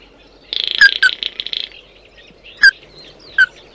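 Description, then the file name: Bird calls: a buzzy trilled burst with two sharp downslurred notes, followed by two more single slurred notes. "Tieng chim mat do"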